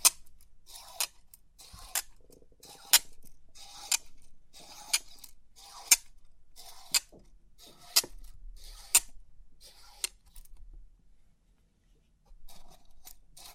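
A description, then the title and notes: Crisp 3D pin art tingles: sharp bright clicks land about once a second with faint rustling between, stopping after ten seconds. Crisp 3D Pin Art Tingles(No Talking).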